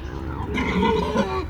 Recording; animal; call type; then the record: contact call of a hoofed animal; wild boar; grunt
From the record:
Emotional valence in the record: negative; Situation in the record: naturally occurring agonistic interactions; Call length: 1.49 s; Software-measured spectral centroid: 1630 Hz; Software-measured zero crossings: 1360 a second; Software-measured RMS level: -23 dBFS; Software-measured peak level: -8 dBFS